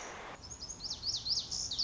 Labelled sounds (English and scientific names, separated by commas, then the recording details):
Lazuli Bunting (Passerina amoena)
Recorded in Sonoma County, California